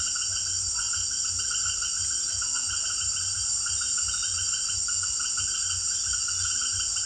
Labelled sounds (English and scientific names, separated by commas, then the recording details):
none
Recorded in secondary vegetation near Puerto Asís, Putumayo, Colombia, on 29 June 2025
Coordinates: 0.488, -76.319
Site G094